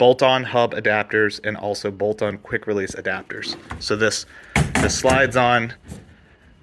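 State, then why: Not seated. A racing steering wheel is slid onto a bolt-on quick release hub adapter on an E36 race car while someone talks. Nothing has seated or clicked yet, and the clip ends just before the wheel goes home.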